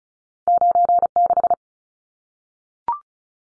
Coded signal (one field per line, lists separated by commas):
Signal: Morse code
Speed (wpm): 34 wpm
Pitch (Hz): 700 Hz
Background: none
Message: 96